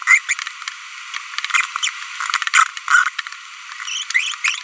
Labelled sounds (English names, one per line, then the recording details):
Green-rumped Parrotlet babbling
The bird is a female
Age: 25 days
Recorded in a nest box in Venezuela
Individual 17B42B1